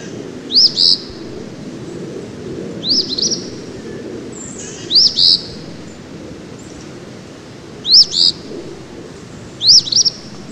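Eastern phoebe giving short, high, two-part buzzy phrases, about five over ten seconds at irregular spacing, over a low steady rumble.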